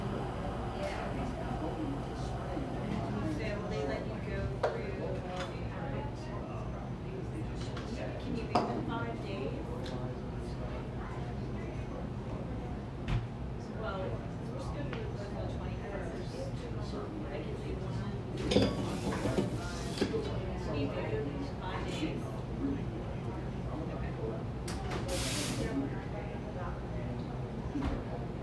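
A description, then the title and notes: A buzzing coffee shop with a steady, dense murmur of overlapping voices and a low constant hum underneath. Brief hissing bursts stand out around 19 and 26 seconds, like steam or a spray, and small clinks and knocks pop up now and then. A buzzing coffee shop.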